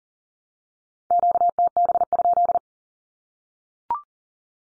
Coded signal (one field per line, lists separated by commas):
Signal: Morse code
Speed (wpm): 40 wpm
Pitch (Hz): 700 Hz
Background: none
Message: QTB?